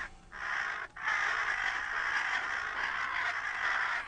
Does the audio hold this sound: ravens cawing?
yes